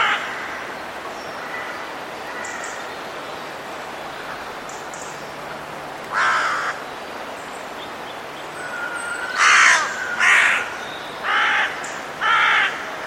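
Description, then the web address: Bird cawing in harsh crow-like calls, one around the middle and then four more in a loose series near the end, over steady background hiss. "cianscape. Deverinetal 2025. Bird Only"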